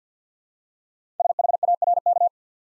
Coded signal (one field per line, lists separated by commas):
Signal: Morse code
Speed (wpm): 47 wpm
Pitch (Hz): 700 Hz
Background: none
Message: SHARK